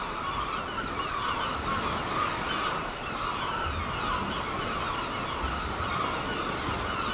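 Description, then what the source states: A crowd of gulls keeps up steady, overlapping calls throughout. Gulls at Seaton, dated 17 03.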